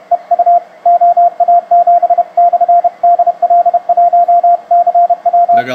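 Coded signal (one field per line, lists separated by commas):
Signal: Morse code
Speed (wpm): 30 wpm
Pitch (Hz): 700 Hz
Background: radio noise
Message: EU OA7/DL1CW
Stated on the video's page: Morse from a German station heard in Peru.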